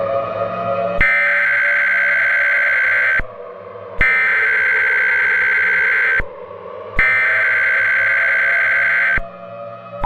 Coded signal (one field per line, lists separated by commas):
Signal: Emergency Alert System (SAME) tones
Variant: header bursts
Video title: SOLAR ECLIPSE EAS SCENARIO